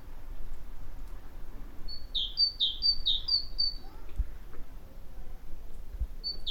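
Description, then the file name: Great tit singing a strophe of several rapid two-note phrases, each a high note slurring down to a lower one, then another phrase starting near the end. "Parus major"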